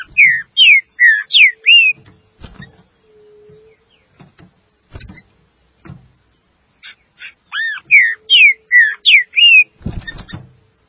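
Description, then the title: Green-winged saltator singing two phrases of strong slurred whistles, each about two seconds long, separated by a pause with knocking sounds and a low steady hum. "Trinca Ferro"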